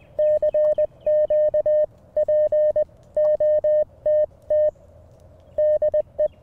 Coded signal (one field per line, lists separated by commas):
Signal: Morse code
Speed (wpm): 20 wpm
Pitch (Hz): 610 Hz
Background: none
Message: CQ POTT DE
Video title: Morning Morse Code w/ Mountain Topper MTR5B - 2/23/24